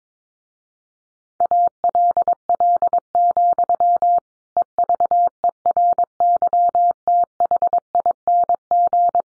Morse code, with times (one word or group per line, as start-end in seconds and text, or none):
1.4-4.2 ALL,
4.6-9.2 EVERYTHING